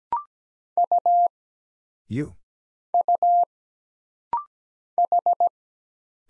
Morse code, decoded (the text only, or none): U U H